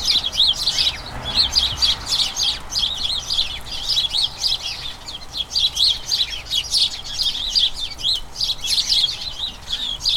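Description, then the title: House sparrows chirping in a dense, overlapping chorus of short bright chirps, continuous chatter from many birds with no pauses. A colony of about a dozen house sparrows chattering incessantly in a small front garden as crocuses bloom, the colony turning toward the breeding season. "Sound Escape. the soothing conversations of a flock of house sparrows"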